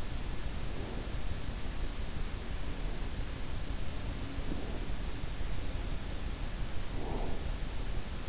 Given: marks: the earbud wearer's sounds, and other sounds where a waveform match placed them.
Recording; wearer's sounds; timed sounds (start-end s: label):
sounds in sleep by an in-ear microphone; breath
0.32-1.58 s: breath
6.69-7.50 s: breath